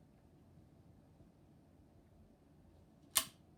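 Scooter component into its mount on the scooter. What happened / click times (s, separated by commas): A scooter part clicks into its mount / 3.2 s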